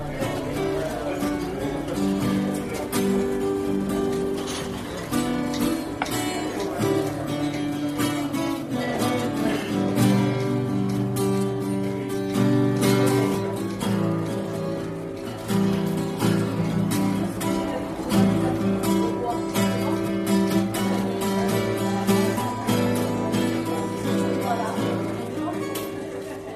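A lively bar atmosphere, filled with continuous music whose steady low and middle notes shift every few seconds. Frequent short clatters and bursts of chatter break through the whole time, and the overall level stays loud and dense from start to finish.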